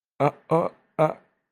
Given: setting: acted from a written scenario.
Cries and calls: vocal sound without words; embarrassment

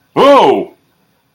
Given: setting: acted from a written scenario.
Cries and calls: vocal sound without words; negative surprise

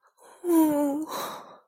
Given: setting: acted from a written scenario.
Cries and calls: vocal sound without words; distress

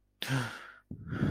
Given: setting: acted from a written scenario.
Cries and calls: vocal sound without words; distress

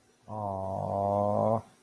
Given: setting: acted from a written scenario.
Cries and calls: vocal sound without words; sympathy

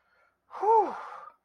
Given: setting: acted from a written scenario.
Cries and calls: vocal sound without words; relief

